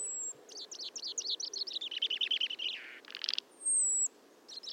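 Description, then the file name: Common chaffinch song, a fast descending series of sweet notes ending in a buzzy flourish, with thin high whistles from another bird before and after. "Fringilla coelebs"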